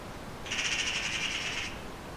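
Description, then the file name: Eurasian magpie giving one harsh, rattling chatter of fast pulses lasting just over a second, over steady background noise. "Pica pica"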